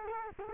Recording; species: mosquito wingbeat signal from an infrared sensor; Culex quinquefasciatus